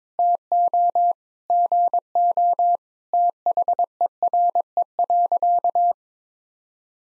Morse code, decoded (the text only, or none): TO GO THERE.